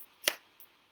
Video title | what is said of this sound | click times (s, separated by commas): Saje Wellness - Summer Diffusing Essentials | and then you hear it actually click. | 0.3 s